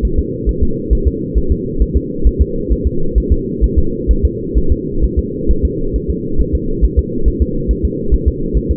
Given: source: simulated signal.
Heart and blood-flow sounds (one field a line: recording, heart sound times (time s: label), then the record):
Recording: fetal heart sounds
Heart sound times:
0.05 s: S1
0.19 s: S2
0.49 s: S1
0.63 s: S2
0.93 s: S1
1.07 s: S2
1.38 s: S1
1.52 s: S2
1.82 s: S1
1.97 s: S2
2.27 s: S1
2.41 s: S2
2.72 s: S1
2.87 s: S2
3.18 s: S1
3.32 s: S2
3.64 s: S1
3.78 s: S2
4.11 s: S1
4.25 s: S2
4.58 s: S1
4.72 s: S2
5.04 s: S1
5.19 s: S2
5.51 s: S1
5.65 s: S2
5.96 s: S1
6.10 s: S2
6.41 s: S1
6.55 s: S2
6.85 s: S1
6.99 s: S2
7.28 s: S1
7.42 s: S2
7.71 s: S1
7.85 s: S2
8.14 s: S1
8.28 s: S2
8.57 s: S1
8.71 s: S2
From the record:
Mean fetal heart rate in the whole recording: 135 bpm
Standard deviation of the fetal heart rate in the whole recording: 3 bpm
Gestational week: 34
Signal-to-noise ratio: -8.1 dB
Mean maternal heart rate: 72 bpm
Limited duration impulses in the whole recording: absent